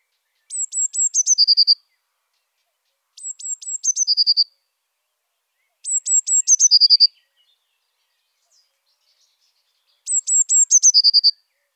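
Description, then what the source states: Eurasian blue tit singing four high phrases, each a few thin falling notes then a quick lower trill, with silence between. Saint-Michel-l'Observatoire.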